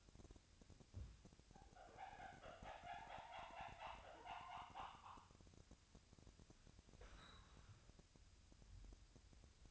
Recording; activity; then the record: daily activity, microphone in the room; wipe stove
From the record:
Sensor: 2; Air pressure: 1006.9 hPa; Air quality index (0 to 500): 198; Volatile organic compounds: 13 ppm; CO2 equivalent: 2422 ppm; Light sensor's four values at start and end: 9/23/9/10 and 9/23/9/10